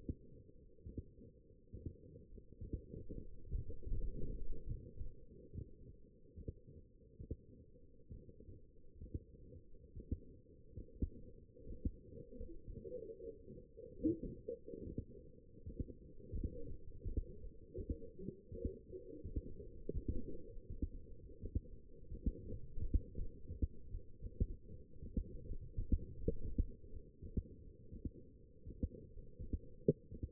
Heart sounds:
heart sounds by stethoscope; 76 bpm
0.60 s: heartbeat
1.46 s: heartbeat
2.29 s: heartbeat
3.09 s: heartbeat
3.87 s: heartbeat
4.64 s: heartbeat
5.50 s: heartbeat
6.39 s: heartbeat
7.30 s: heartbeat
8.13 s: heartbeat
8.92 s: heartbeat
9.80 s: heartbeat
10.70 s: heartbeat
11.56 s: heartbeat
12.37 s: heartbeat
13.20 s: heartbeat
14.00 s: heartbeat
14.80 s: heartbeat
15.59 s: heartbeat
16.35 s: heartbeat
17.09 s: heartbeat
17.86 s: heartbeat
18.64 s: heartbeat
19.41 s: heartbeat
20.15 s: heartbeat
20.91 s: heartbeat
21.68 s: heartbeat
22.43 s: heartbeat
23.16 s: heartbeat
23.91 s: heartbeat
24.46 s: heartbeat
25.46 s: heartbeat
26.18 s: heartbeat
26.91 s: heartbeat
27.65 s: heartbeat
28.40 s: heartbeat
29.13 s: heartbeat
29.87 s: heartbeat
From the record:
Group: healthy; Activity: light exercise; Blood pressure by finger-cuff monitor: 114/66 mmHg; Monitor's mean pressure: 78 mmHg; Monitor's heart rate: 78 bpm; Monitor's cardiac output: 6.8 L/min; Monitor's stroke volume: 86 mL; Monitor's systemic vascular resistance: 850 dyn s/cm5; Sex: female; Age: 22 years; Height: 171 cm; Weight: 65.6 kg

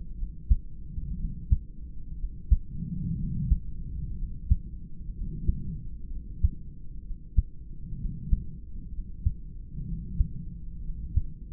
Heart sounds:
heart sounds by stethoscope; 62 bpm
0.14 s: heartbeat
1.15 s: heartbeat
2.15 s: heartbeat
3.15 s: heartbeat
4.14 s: heartbeat
5.11 s: heartbeat
6.07 s: heartbeat
7.01 s: heartbeat
7.95 s: heartbeat
8.89 s: heartbeat
9.83 s: heartbeat
10.80 s: heartbeat
From the record:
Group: heart failure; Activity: rest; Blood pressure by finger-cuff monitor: 110/64 mmHg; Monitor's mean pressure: 82 mmHg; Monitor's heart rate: 63 bpm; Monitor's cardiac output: 4.3 L/min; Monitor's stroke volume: 70 mL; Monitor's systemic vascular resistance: 1360 dyn s/cm5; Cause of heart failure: idiopathic cardiomyopathy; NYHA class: 2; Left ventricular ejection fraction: 17%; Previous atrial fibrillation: present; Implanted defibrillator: present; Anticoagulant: edoxaban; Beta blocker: bisoprolol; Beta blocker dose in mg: 7.5 twice daily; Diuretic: furosemide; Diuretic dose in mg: 20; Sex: male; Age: 63 years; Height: 160 cm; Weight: 69 kg

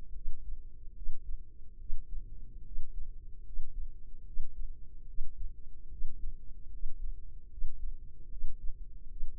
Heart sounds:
heart sounds by microphone in the left ear; 74 bpm
0.11 s: heartbeat
0.92 s: heartbeat
1.76 s: heartbeat
2.61 s: heartbeat
3.41 s: heartbeat
4.22 s: heartbeat
5.04 s: heartbeat
5.87 s: heartbeat
6.68 s: heartbeat
7.47 s: heartbeat
8.27 s: heartbeat
9.06 s: heartbeat
From the record:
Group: healthy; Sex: female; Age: 23 years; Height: 160 cm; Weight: 50.4 kg

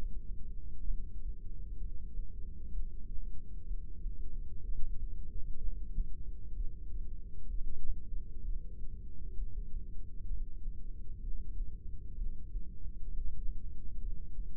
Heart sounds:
heart sounds by microphone in the right ear; 64 bpm
0.85 s: heartbeat
1.79 s: heartbeat
2.72 s: heartbeat
3.66 s: heartbeat
4.62 s: heartbeat
5.60 s: heartbeat
6.55 s: heartbeat
7.49 s: heartbeat
8.43 s: heartbeat
9.36 s: heartbeat
10.28 s: heartbeat
11.22 s: heartbeat
12.16 s: heartbeat
13.09 s: heartbeat
14.00 s: heartbeat
From the record:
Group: heart failure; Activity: rest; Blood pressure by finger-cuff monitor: 132/93 mmHg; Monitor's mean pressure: 107 mmHg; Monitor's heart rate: 64 bpm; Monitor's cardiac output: 5.9 L/min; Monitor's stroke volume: 92 mL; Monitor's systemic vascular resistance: 1350 dyn s/cm5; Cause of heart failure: idiopathic cardiomyopathy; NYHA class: 1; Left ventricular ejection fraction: 50%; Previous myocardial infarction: absent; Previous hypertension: absent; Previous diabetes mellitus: absent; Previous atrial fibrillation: absent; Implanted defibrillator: absent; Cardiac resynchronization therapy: absent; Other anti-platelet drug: absent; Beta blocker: bisoprolol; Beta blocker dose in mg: 5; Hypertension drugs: candesartan, spironolactone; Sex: male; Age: 54 years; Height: 180 cm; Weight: 94.6 kg

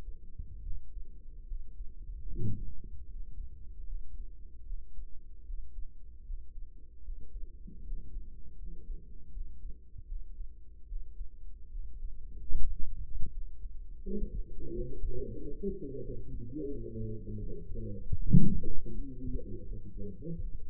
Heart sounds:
heart sounds by microphone in the right ear; 79 bpm
0.60 s: heartbeat
1.45 s: heartbeat
2.27 s: heartbeat
3.05 s: heartbeat
3.84 s: heartbeat
4.63 s: heartbeat
5.43 s: heartbeat
6.23 s: heartbeat
7.02 s: heartbeat
7.82 s: heartbeat
8.56 s: heartbeat
9.30 s: heartbeat
10.05 s: heartbeat
10.86 s: heartbeat
11.69 s: heartbeat
12.54 s: heartbeat
13.30 s: heartbeat
14.00 s: heartbeat
14.70 s: heartbeat
15.36 s: heartbeat
16.00 s: heartbeat
16.66 s: heartbeat
17.37 s: heartbeat
18.14 s: heartbeat
18.90 s: heartbeat
19.63 s: heartbeat
20.39 s: heartbeat
From the record:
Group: healthy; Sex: male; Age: 35 years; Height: 178 cm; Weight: 64 kg

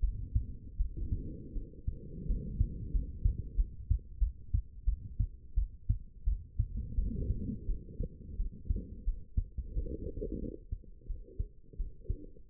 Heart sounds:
heart sounds by stethoscope; 87 bpm
0.01 s: heartbeat
0.78 s: heartbeat
1.54 s: heartbeat
2.27 s: heartbeat
2.92 s: heartbeat
3.56 s: heartbeat
4.19 s: heartbeat
4.85 s: heartbeat
5.55 s: heartbeat
6.25 s: heartbeat
6.96 s: heartbeat
7.67 s: heartbeat
8.37 s: heartbeat
9.05 s: heartbeat
9.74 s: heartbeat
10.40 s: heartbeat
11.07 s: heartbeat
11.77 s: heartbeat
12.48 s: heartbeat
From the record:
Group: healthy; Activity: cold pressor test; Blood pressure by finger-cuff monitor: 113/73 mmHg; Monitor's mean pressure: 90 mmHg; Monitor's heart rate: 87 bpm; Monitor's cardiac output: 7.3 L/min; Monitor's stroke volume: 83 mL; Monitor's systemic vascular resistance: 870 dyn s/cm5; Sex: female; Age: 22 years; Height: 161 cm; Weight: 65.5 kg

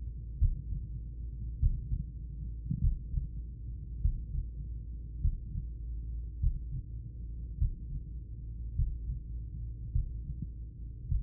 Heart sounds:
heart sounds by stethoscope; 51 bpm
0.37 s: heartbeat
1.58 s: heartbeat
2.79 s: heartbeat
4.00 s: heartbeat
5.19 s: heartbeat
6.38 s: heartbeat
7.57 s: heartbeat
8.74 s: heartbeat
9.90 s: heartbeat
11.06 s: heartbeat
From the record:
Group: heart failure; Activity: breath hold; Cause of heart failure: idiopathic cardiomyopathy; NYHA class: 2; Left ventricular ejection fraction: 53%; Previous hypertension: present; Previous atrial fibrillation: present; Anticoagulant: apixaban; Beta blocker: bisoprolol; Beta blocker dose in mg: 2.5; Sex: female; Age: 67 years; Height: 150 cm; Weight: 81 kg

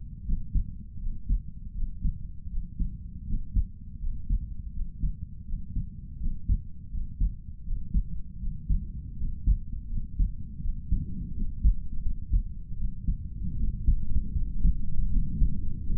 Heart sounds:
heart sounds by stethoscope; 81 bpm
0.24 s: heartbeat
0.99 s: heartbeat
1.73 s: heartbeat
2.48 s: heartbeat
3.25 s: heartbeat
3.99 s: heartbeat
4.71 s: heartbeat
5.45 s: heartbeat
6.18 s: heartbeat
6.89 s: heartbeat
7.63 s: heartbeat
8.38 s: heartbeat
9.15 s: heartbeat
9.88 s: heartbeat
10.60 s: heartbeat
11.32 s: heartbeat
12.01 s: heartbeat
12.76 s: heartbeat
13.55 s: heartbeat
14.32 s: heartbeat
15.09 s: heartbeat
15.85 s: heartbeat
From the record:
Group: healthy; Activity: rest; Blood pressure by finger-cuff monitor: 103/69 mmHg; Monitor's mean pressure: 77 mmHg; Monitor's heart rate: 81 bpm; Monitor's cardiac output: 5.6 L/min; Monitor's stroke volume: 69 mL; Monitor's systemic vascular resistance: 1020 dyn s/cm5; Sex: male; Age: 22 years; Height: 181 cm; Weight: 60 kg

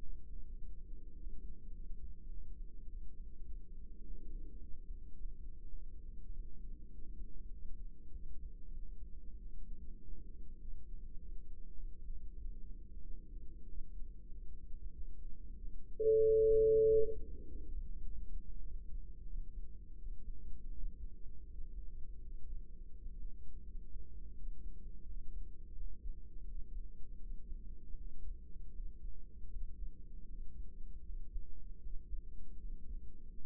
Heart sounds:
heart sounds by microphone in the right ear; 92 bpm
0.01 s: heartbeat
0.58 s: heartbeat
1.15 s: heartbeat
1.71 s: heartbeat
2.28 s: heartbeat
2.85 s: heartbeat
3.44 s: heartbeat
4.02 s: heartbeat
4.59 s: heartbeat
5.14 s: heartbeat
5.71 s: heartbeat
6.29 s: heartbeat
6.90 s: heartbeat
7.50 s: heartbeat
8.11 s: heartbeat
8.74 s: heartbeat
9.37 s: heartbeat
9.99 s: heartbeat
10.58 s: heartbeat
11.17 s: heartbeat
11.76 s: heartbeat
12.37 s: heartbeat
13.02 s: heartbeat
13.66 s: heartbeat
14.28 s: heartbeat
14.92 s: heartbeat
15.56 s: heartbeat
16.20 s: heartbeat
16.85 s: heartbeat
17.45 s: heartbeat
18.03 s: heartbeat
18.62 s: heartbeat
19.25 s: heartbeat
19.97 s: heartbeat
20.73 s: heartbeat
21.48 s: heartbeat
22.21 s: heartbeat
22.93 s: heartbeat
23.64 s: heartbeat
24.35 s: heartbeat
25.04 s: heartbeat
25.74 s: heartbeat
26.45 s: heartbeat
27.18 s: heartbeat
27.95 s: heartbeat
28.72 s: heartbeat
29.50 s: heartbeat
30.26 s: heartbeat
31.03 s: heartbeat
31.80 s: heartbeat
32.58 s: heartbeat
33.38 s: heartbeat
From the record:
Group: healthy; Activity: rest 0-18 s, breath hold 18-33 s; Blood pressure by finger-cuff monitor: 109/60 mmHg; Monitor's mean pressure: 80 mmHg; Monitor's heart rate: 95 bpm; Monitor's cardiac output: 9.1 L/min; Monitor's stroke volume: 93 mL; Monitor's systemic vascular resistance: 610 dyn s/cm5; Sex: female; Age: 24 years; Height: 163 cm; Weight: 55.7 kg

